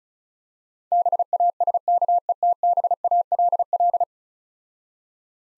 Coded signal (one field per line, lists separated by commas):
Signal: Morse code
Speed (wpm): 34 wpm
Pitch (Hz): 700 Hz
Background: none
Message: BASKETBALL